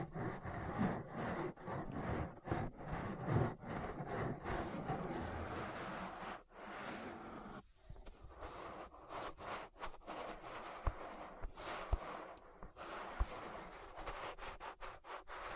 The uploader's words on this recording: ASMR Relaxing Ear Massage. (No Talking).